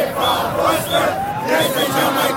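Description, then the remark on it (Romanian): A large evening protest crowd in a square in front of the government building, phone flashlights lit, chants and shouts against the government, a dense, steady roar of many voices holding at a loud level throughout, with a thin whistle-like tone gliding upward through the noise. “Oamenii din piață și-au aprins lanternele telefoanelor mobile și au scandat împotriva guvernului.”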